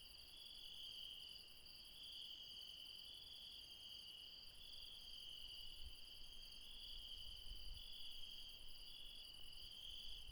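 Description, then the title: Insects produce a continuous high trilling chorus with a faint pulsed overtone layer, over quiet low rumble that rises near the end. Insects late at night in the mountains at Refuge Krevatia, Barbala, near Dion, Greece. "Refuge Krevatia, Μπαρμπαλά, Dion 601 00, Greece - Late night mountain insects"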